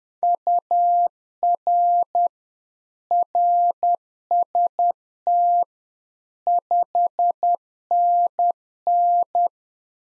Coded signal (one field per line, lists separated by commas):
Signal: Morse code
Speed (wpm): 10 wpm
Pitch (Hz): 700 Hz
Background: none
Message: UR RST 5NN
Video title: Practice QSO - Complete One-Sided - 10wpm